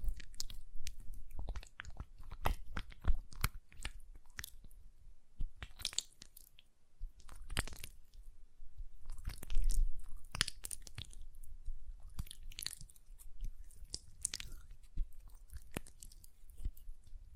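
Hand sounds with tapping and lotion: a steady run of sharp, crisp clicks and taps, some quick and clustered, others spaced apart, mixed with brief wet, squishy rubbing bursts. Several louder crackly swishes stand out around six, ten and fourteen seconds.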